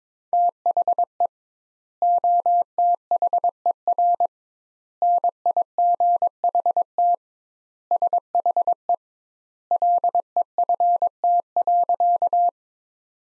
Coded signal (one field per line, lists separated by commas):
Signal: Morse code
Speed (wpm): 22 wpm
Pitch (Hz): 700 Hz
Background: none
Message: THE OTHER NIGHT SHE LEFT.